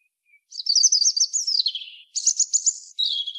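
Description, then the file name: European robin song: a thin, high warble that dips lower, then a rapid sparkling trill and a final wavering whistled phrase. "Erithacus rubecula"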